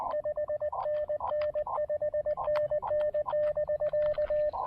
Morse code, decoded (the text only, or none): 5NN5NN<BK>